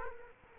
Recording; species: mosquito wingbeat signal from an infrared sensor; Culex quinquefasciatus